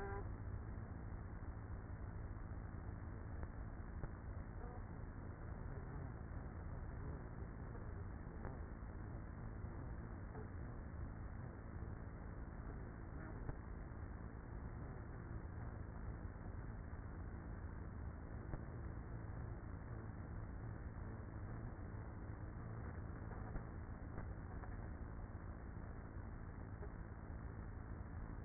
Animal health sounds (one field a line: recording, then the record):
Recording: honeybee colony, microphone inside the hive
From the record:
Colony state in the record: queenless with a low population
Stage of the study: after two queens were removed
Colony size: about 30,000 bees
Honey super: no